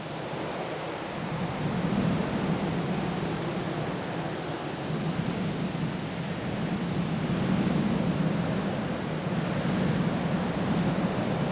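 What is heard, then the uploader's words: Wind rushes steadily through the trees in a dense, unbroken hiss, strongest in the low and middle range. The roar swells gently around two seconds and again near eight, then eases slightly. No distinct events stand out from the continuous wash. Lots of Wind Through the Trees.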